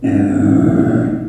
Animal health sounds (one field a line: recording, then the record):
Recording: squeal of a Yucatan mini pig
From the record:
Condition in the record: after surgery on the right vocal fold (resection and tissue-engineered implant)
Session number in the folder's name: 3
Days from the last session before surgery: 21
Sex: female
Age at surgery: 19 weeks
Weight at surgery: 25 kg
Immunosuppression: prednisolone